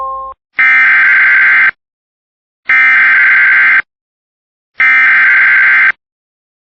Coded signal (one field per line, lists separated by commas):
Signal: Emergency Alert System (SAME) tones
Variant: header bursts